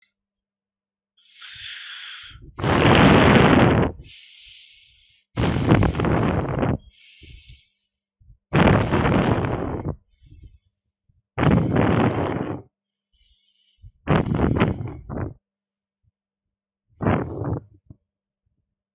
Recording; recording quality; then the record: deep breathing; excellent, no background noise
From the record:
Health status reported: healthy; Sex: male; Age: 18 years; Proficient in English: yes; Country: India